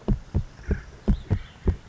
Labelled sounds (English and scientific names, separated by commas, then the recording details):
Acorn Woodpecker (Melanerpes formicivorus)
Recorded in Sonoma County, California